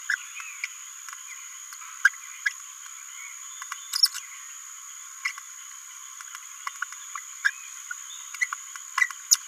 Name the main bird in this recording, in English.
Green-rumped Parrotlet